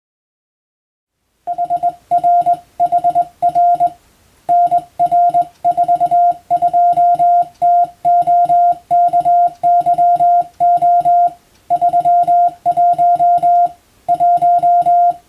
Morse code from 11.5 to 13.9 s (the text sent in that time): 31